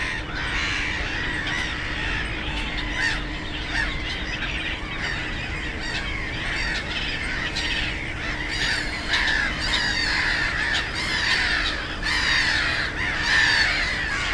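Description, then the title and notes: Black-headed gulls calling in a noisy colony chorus of harsh cries, with a faint steady hum and road rumble. Black-headed gulls, loudest of many birds at Żabie Doły (Frog Ponds), a former coal-mining site in Bytom, Poland; nearby DK79 road and railway audible; recorded with Zoom F4 and AT BP4025. "Żabie Doły, Bytom, Polska - Black-headed gulls at Frog Ponds complex. The ponds are now filled with plenty of birds with black-headed gulls being the loudest. Najgłośniejsze okazały się śmieszki"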